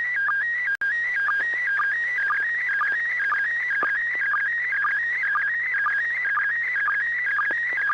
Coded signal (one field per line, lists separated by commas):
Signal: SSTV (slow-scan television)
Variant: PD 120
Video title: N6NA SSTV Net - 08/17/2022